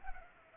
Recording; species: mosquito wingbeat signal from an infrared sensor; Culex pipiens